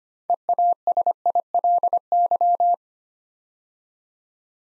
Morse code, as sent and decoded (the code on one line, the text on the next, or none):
. .- ... .. .-.. -.--
EASILY